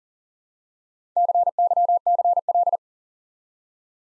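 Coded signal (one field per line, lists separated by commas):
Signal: Morse code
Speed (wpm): 40 wpm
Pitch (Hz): 700 Hz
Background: none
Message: CYCL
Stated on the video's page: Morse practice sending five-letter words one letter at a time at 40 wpm, for instant character recognition training.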